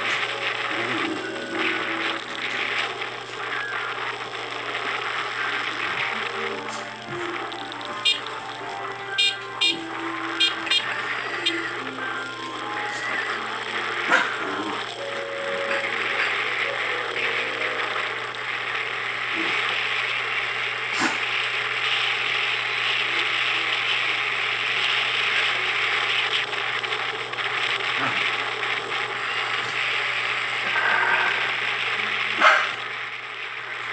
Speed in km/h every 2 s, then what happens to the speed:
41, 36, 33, 31, 26, 27, 30, 34, 38, 39, 42, 43, 44, 44, 42, 41, 38.
0-8 slows to 26. 8-24 speeds up to 44. 24-34 slows to 38.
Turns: none.